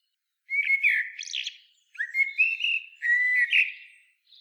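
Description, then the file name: Common blackbird song with mellow, fluting whistled phrases, several short warbles strung together with brief high twittering notes. "Turdus merula"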